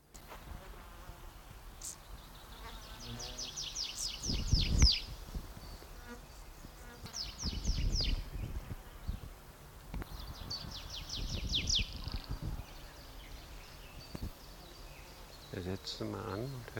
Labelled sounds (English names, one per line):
Bow-winged Grasshopper stridulation